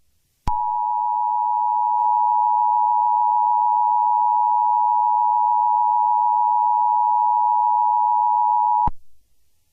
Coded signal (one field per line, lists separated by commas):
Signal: Emergency Alert System (SAME) tones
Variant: 853 and 960 Hz attention tone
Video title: EAS scenario #1: Infected phone sounds